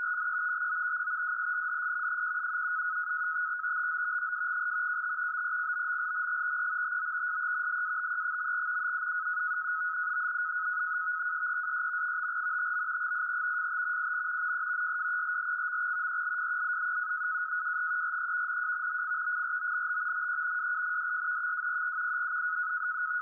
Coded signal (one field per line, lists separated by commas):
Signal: NAVTEX (SITOR-B)